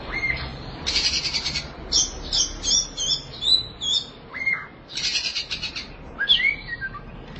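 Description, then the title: Oriental magpie-robin song: scratchy buzzy bursts alternate with short whistled notes against a steady hiss of background noise. Chirping song (kicauan) of the bird. "Suara Kicauan Burung Kacer Durasi Panjang"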